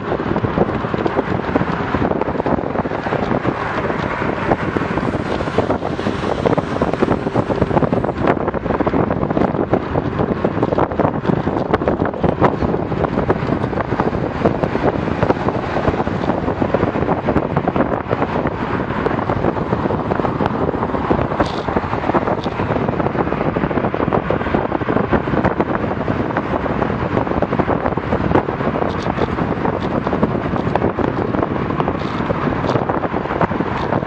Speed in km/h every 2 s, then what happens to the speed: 31, 31, 33, 33, 34, 35, 36, 37, 39, 41, 41, 42, 42, 41, 40, 40, 40.
0-34 speeds up to 40.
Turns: none.